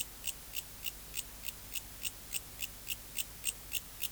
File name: Bio Acoustica Mecopoda elongata